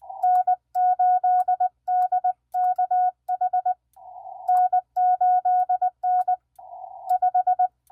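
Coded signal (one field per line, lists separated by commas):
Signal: Morse code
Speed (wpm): 20 wpm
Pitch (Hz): 730 Hz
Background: none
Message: N8DKH N8N 5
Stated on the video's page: QRP CW on 40 meters, sent with a paddle with some mistakes, during POTA and TOTA activations using a mag-mount hamstick, with heavy man-made interference.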